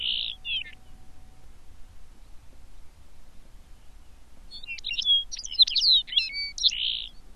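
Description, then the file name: Lapland longspur: a short note and a few softer ones, a long quiet pause, then a fast jumble of high twittering notes ending in a longer note. "calcarius lapponicus"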